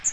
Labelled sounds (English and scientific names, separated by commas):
Magnolia Warbler (Setophaga magnolia) flight call